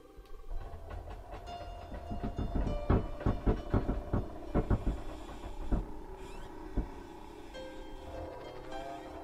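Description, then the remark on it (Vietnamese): A dry, unoiled door hinge creaks as a morgue door slowly swings open by itself: a drawn-out, high, squealing groan broken by a series of loud ticking clicks, with no voices. “Cánh cửa từ từ mở ra. Có âm thanh rin rít, ken két vang lên.”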